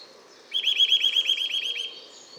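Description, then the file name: Eurasian nuthatch call: a quick run of thin, rising whistled notes lasting over a second, heard against soft background hiss. "Sitta europaea"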